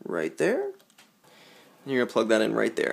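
A female-to-male XLR cable is being plugged into the back of a microphone while someone talks, with faint handling ticks around 0.9 and 1.0 seconds. The clip ends before the connector goes home, so nothing has seated or clicked yet.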